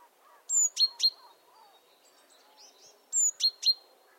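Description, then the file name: Great tit calls: a thin high whistle followed by two sharp, lower notes, heard twice about two and a half seconds apart, with faint soft chirps between. "Parus major"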